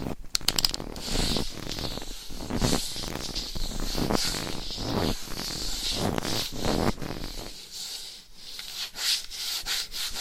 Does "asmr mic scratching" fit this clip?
yes